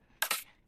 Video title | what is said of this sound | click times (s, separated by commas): Bumbleride Indie Twin 750 Assembly | yeah and it just snaps in place and um you know | 0.2 s